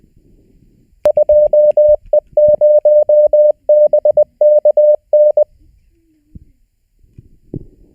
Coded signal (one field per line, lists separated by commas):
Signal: Morse code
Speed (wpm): 20 wpm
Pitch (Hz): 600 Hz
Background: none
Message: 2E0BKN